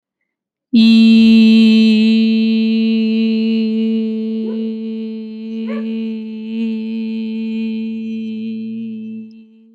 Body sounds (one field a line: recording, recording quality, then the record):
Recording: sustained vowel as in beet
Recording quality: moderate, slight background noise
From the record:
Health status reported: healthy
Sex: female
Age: 27 years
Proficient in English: yes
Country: Canada